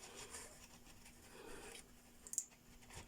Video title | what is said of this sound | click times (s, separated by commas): How to install BNC connector to the MLA-30 Active Loop Antenna | of the radio but I'm gonna put this one in here you gotta snap it in here cuz | 2.3 s, 2.4 s